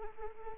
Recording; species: mosquito wingbeat signal from an infrared sensor; Anopheles arabiensis